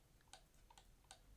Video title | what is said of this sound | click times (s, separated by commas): Benks Kevlar Case Line Up 📱 iPhone 16 Pro/ Pro Max | so but it does have a little bit you can hear the click it's | 0.3 s, 0.8 s, 1.1 s